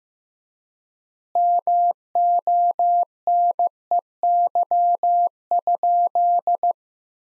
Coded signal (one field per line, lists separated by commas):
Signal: Morse code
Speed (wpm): 15 wpm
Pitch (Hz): 700 Hz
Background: none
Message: MONEY?